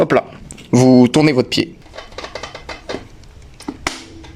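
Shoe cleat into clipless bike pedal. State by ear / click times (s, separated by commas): seated / 3.9 s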